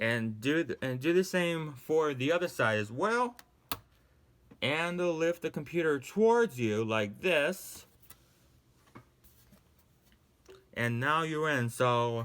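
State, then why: Released. Someone talks while the aluminium bottom case of a 2015 MacBook Pro Retina is lifted on the second side, and its plastic retaining clip releases from the chassis with a sharp click at 3.7 s. The second bottom case clip clicks free, and the talking continues, broken by a few faint ticks.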